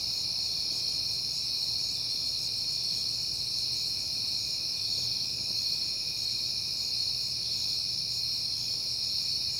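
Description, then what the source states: Crickets trill constantly at a high pitch, level and unchanging, with a gentle low hum behind them. Crickets recorded at night in September, on a peaceful night.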